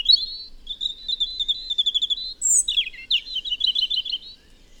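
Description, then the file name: European robin song: a sweet rapid trill on one pitch, a high squeaky flourish, then quick descending notes and another fast trill, cleanly heard. "Erithacus rubecula"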